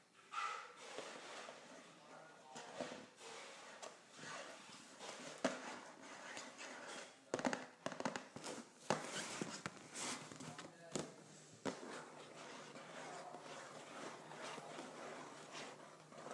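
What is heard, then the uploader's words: Scratching and tapping on a cardboard box, with dense rough scraping broken by sharp irregular taps, busiest between about seven and eleven seconds. ASMR Scratching and Tapping a Cardboard Box.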